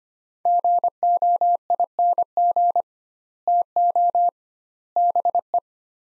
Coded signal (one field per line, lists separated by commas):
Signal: Morse code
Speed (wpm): 25 wpm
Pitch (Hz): 700 Hz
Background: none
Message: GOING TO BE